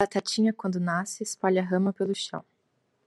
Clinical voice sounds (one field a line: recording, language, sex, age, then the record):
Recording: short text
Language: Brazilian Portuguese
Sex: female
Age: 20 to 29 years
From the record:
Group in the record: control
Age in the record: 28 years